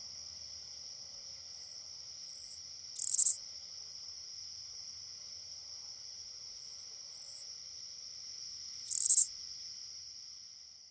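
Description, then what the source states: Oblong-winged katydid giving loud raspy bursts about six seconds apart, each preceded by softer short rasps, with a constant high-pitched insect tone behind. North America.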